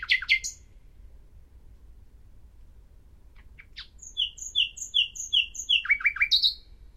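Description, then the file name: Common nightingale song: a few sharp notes, a quiet pause, soft clicks, then a series of repeated whistled notes closing with rapid lower chirps. "Luscinia megarhynchos"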